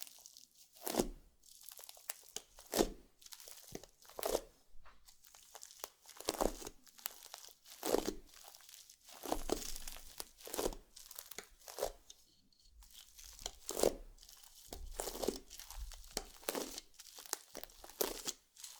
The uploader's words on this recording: NO TALKING Satisfying Slime Triggers.